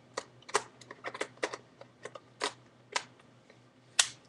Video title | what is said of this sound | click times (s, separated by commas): Nikon D7000 and 35mm f/1.8G lens use. | turn it until you hear it lock and you're good to go | 4.0 s